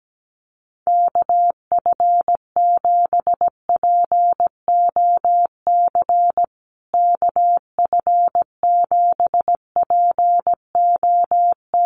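A call sign tapped out twice in Morse code as a single steady mid-pitched tone, keyed on and off in quick dots and dashes. The pattern starts just under a second in and runs without pause to the end, with brief gaps between letters and one longer break near the middle.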